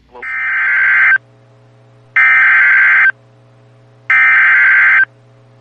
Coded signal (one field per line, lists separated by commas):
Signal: Emergency Alert System (SAME) tones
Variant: header bursts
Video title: Severe Thunderstorm Warnings (EAS #579-585)